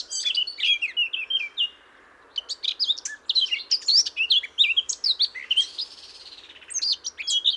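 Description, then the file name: Eurasian blackcap warbling song, rapid high chattering and whistled notes in bursts, a short pause near two seconds, then a fuller run of varied phrases. "Sylvia atricapilla"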